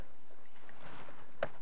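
A small release button on a plastic wiring connector is pressed to unlatch it from its mating socket. Over a quiet, faint background, a single sharp click is heard at 1.4 seconds as the connector latch springs open and the connector is released.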